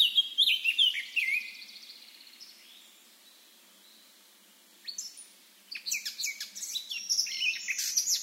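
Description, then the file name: Eurasian blackcap warbling: a short scratchy burst at the start, a long quiet gap, then a lively high twittering phrase resumes. "Sylvia atricapilla"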